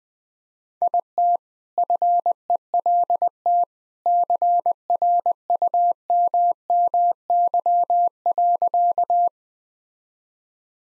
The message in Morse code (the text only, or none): IT FELT CRUMMY.